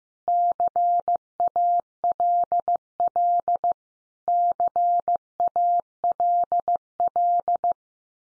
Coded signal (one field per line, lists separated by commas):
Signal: Morse code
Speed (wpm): 15 wpm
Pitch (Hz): 700 Hz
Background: none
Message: CALL CALL